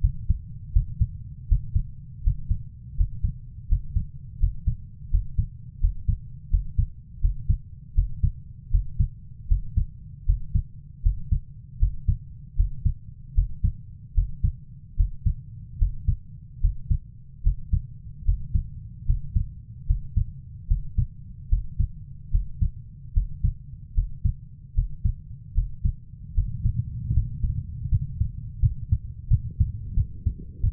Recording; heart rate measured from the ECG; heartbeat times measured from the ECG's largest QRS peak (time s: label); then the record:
heart sounds by stethoscope; 78 bpm
0.01 s: heartbeat
0.73 s: heartbeat
1.49 s: heartbeat
2.24 s: heartbeat
2.97 s: heartbeat
3.69 s: heartbeat
4.40 s: heartbeat
5.11 s: heartbeat
5.80 s: heartbeat
6.50 s: heartbeat
7.21 s: heartbeat
7.94 s: heartbeat
8.71 s: heartbeat
9.48 s: heartbeat
10.26 s: heartbeat
11.02 s: heartbeat
11.79 s: heartbeat
12.56 s: heartbeat
13.34 s: heartbeat
14.14 s: heartbeat
14.96 s: heartbeat
15.78 s: heartbeat
16.61 s: heartbeat
17.43 s: heartbeat
18.25 s: heartbeat
19.06 s: heartbeat
19.86 s: heartbeat
20.67 s: heartbeat
21.49 s: heartbeat
22.31 s: heartbeat
23.13 s: heartbeat
23.94 s: heartbeat
24.74 s: heartbeat
25.54 s: heartbeat
26.34 s: heartbeat
27.13 s: heartbeat
27.89 s: heartbeat
28.60 s: heartbeat
29.28 s: heartbeat
29.94 s: heartbeat
30.61 s: heartbeat
From the record:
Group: healthy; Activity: breath hold 0-29 s, rest 29-31 s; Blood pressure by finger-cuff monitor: 105/62 mmHg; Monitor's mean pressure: 79 mmHg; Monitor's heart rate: 76 bpm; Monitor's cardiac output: 6.7 L/min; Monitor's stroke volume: 88 mL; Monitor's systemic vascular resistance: 860 dyn s/cm5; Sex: female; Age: 24 years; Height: 163 cm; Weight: 55.7 kg